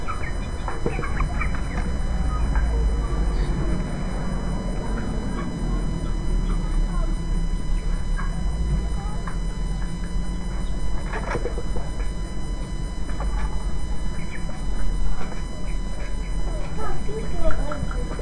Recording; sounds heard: poultry house recording; healthy chickens